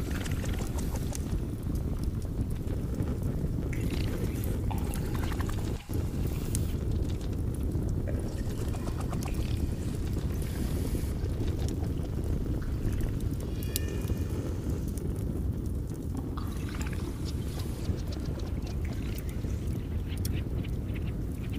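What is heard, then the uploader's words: A cauldron boils in a steady, dense churn of low bubbling that never lets up across the whole stretch. Brighter pops and gurgles break through the rumble now and then, with one sharp knock near the six-second mark. Cauldron boiling/bubbling.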